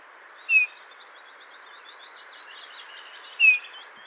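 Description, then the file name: Eurasian bullfinch calls: two soft, short piping whistles about three seconds apart, with faint chatter of other birds in the background. "Pyrrhula pyrrhula"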